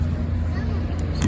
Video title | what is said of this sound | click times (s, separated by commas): Replacing Fog Lights/Running Lights On My 2010 Camaro SS | snap you just push this it snaps right in | 1.2 s